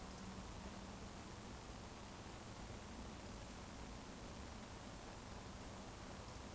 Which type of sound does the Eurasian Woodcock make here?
whistle